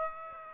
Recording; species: mosquito wingbeat signal from an infrared sensor; Aedes aegypti